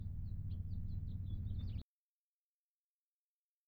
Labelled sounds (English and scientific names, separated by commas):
House Finch (Haemorhous mexicanus) song